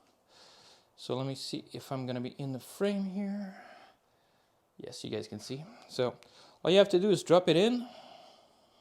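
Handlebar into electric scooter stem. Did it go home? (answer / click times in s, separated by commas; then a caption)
no / none. A handlebar is handled at the stem of a Gotrax GXL V2 electric scooter while someone talks throughout. The handlebar is about to be dropped into the stem, but nothing has seated or clicked yet.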